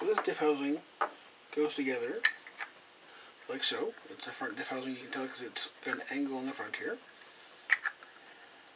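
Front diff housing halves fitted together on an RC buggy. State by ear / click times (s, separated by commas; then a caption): seated / 7.7 s. Two plastic halves of a front differential housing for a TLR 8ight-E 3.0 RC buggy are pressed together while someone talks. A sharp click at 7.7 s marks the halves locking in place, seated and sitting nicely before being screwed.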